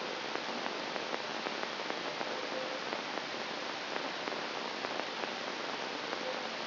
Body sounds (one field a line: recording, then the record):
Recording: brain microelectrode recording played as sound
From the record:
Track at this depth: inside the subthalamic nucleus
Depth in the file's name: 0.558 mm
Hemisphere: right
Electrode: 3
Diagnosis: Parkinson's disease